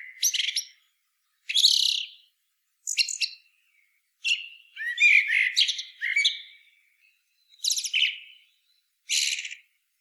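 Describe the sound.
Common blackbird uttering high, rasping chatter bursts at irregular intervals, with a denser cluster of squeaky notes in the middle of the sequence.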